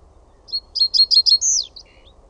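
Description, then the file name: Reed bunting song: a quick series of high chirps ending in a drawn-out, slurred note that drops slightly, followed by a soft lower trailing note. "PAJUSIRKKU"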